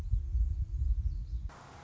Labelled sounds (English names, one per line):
Anna's Hummingbird